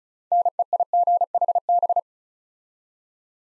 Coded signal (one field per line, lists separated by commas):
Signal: Morse code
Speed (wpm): 36 wpm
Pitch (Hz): 700 Hz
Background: none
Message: NEIGHB